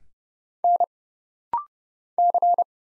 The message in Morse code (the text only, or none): N C